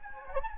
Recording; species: mosquito wingbeat signal from an infrared sensor; Anopheles gambiae